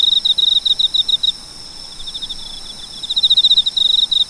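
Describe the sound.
Cricket chirping in rapid high-pitched pulsed bursts, a quieter stretch midway before the trilling chirps return strongly.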